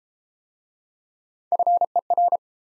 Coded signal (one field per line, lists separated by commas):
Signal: Morse code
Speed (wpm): 32 wpm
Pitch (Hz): 700 Hz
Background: none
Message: FER